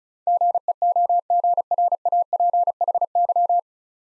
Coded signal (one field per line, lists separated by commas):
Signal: Morse code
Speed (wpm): 36 wpm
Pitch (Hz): 700 Hz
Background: none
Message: GEOGRAPHY